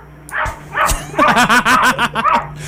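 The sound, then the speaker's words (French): A cat coughs and lets out a few scattered cries, then a rapid run of about seven short, high-pitched yips that sound much like a small dog barking. “Le chat qui tousse. Puis qui jappe. Il y a un chat qui jappe sur Internet, c'est le fun.”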